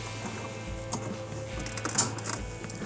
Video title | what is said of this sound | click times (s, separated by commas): Whirlpool Refrigerator Repair - Not Cooling in Fresh Food Section - Evaporator Fan Motor | clicks right back in place now the motor is installed here | 2.0 s